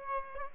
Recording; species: mosquito wingbeat signal from an infrared sensor; Aedes aegypti